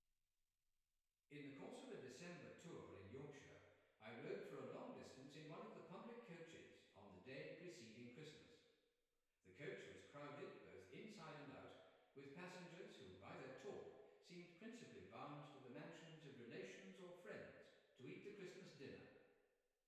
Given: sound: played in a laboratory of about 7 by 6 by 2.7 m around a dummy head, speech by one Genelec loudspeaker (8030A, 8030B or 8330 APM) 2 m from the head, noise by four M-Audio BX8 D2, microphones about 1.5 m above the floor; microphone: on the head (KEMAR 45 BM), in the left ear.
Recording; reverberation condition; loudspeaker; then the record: male speech in English; high; 120 degrees to the right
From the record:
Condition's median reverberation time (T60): about 1300 ms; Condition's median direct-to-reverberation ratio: about -4.0 dB